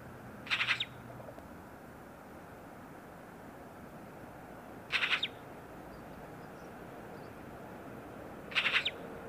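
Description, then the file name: Eurasian magpie chattering: three brief bursts of fast, harsh, dry notes, roughly every four seconds, with quiet background between them. "Pica pica"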